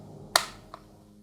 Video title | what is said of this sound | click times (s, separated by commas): Teclado Magnético AKKO MONSGEEK FUN60 do Aliexpress é BOM? Unboxing e Primeiras Impressões, RECEBIDO | o clique tá encaixado | 0.4 s